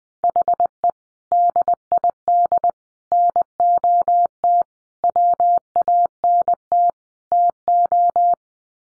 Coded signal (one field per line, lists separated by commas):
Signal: Morse code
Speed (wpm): 20 wpm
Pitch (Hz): 700 Hz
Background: none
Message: HE DID NOT WANT TO